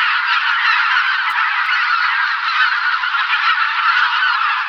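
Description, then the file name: Greater white-fronted goose flock calling, a dense, continuous wall of overlapping high honking and yelping notes with no pauses throughout. "Husa belocela Anser albifrons"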